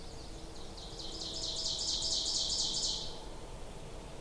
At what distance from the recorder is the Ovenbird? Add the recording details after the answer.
about 40 m. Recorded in boreal forest in Alberta, Canada, on 26 May 2016 at 07:01. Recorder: SongMeter 3, array SBT-3-15. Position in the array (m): 41 m, 279 m. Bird 20